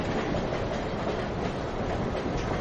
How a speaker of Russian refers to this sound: Наше время. Поезд Москва-Брест. Ты мирно посапываешь под мерный стук колес.